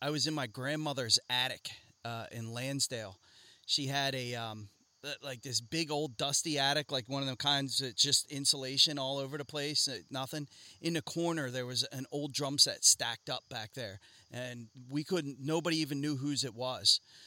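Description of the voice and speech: A man talks fluently in a conversational tone, with clear voice and natural pauses; typical adult speech.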